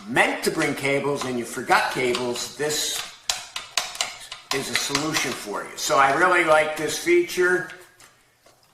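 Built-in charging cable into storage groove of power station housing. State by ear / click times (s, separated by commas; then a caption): not seated / none. A built-in charging cable on a PGYOB 27,000mAh portable power station is handled near its molded plastic storage groove in the housing while someone talks. A few short, sharp taps land between about 3.3 and 4.3 seconds as the cable is worked toward the groove. Nothing has seated or clicked into place yet.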